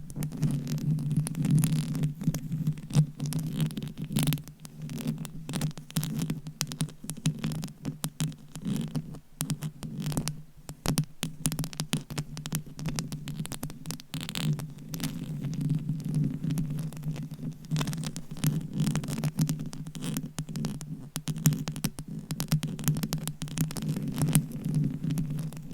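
Fingernails scratch at a microphone and its covers with dense, rapid rustling that never lets up for the whole stretch. A steady low throbbing hum runs underneath, while sharp scraping bursts flick in and out, thickest near the start and again around the twenty-second mark.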